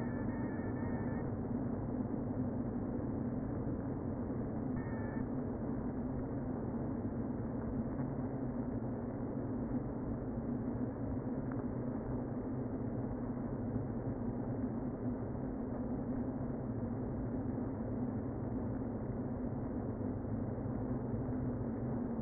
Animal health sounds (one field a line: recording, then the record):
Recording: honeybee colony, microphone inside the hive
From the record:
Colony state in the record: queen present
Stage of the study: before two queens were removed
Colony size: about 60,000 bees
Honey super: yes